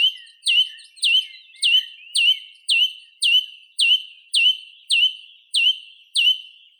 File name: Neizvesten - Drozd pevchij Turdus philomelos